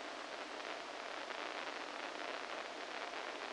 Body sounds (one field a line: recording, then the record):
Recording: brain microelectrode recording played as sound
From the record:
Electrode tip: inside the subthalamic nucleus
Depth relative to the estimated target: -1 mm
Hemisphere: right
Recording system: NeuroSet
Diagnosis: Parkinson's disease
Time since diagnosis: 14 years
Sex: male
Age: 51 years